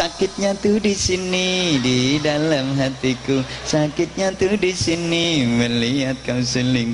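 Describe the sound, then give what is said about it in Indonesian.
A mobile phone ringtone song plays from a phone in the living room as a voice sings a catchy melody in steady, sustained phrases with gliding pitch, over light rhythmic backing, continuous for several seconds. “Pelan itu suara nada deringnya HP.”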